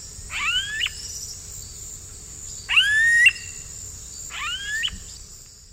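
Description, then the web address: Smooth-billed ani with three separate rising, plaintive whistled calls spaced about two seconds apart, set against a constant shrill insect drone. Eastern Lowlands, South America. "Natures Songs S America Eastern Lowlands 128 Smooth-billed Ani"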